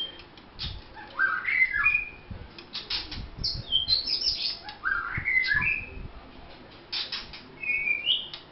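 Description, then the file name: White-rumped shama song: scattered clicks and sharp notes with several rising and falling whistled phrases. Vietnam. "shama vietnam omkicau"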